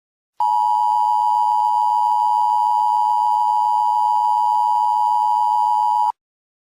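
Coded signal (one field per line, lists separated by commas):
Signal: Emergency Alert System (SAME) tones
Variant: 853 and 960 Hz attention tone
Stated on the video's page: Fictional EAS scenario, a simulated alert rather than a real one.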